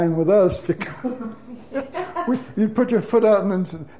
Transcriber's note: laughs